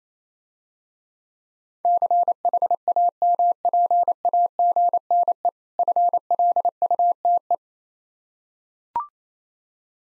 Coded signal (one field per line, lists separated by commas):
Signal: Morse code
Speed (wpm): 28 wpm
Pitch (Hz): 700 Hz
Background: none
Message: CHAMPAGNE FLUTE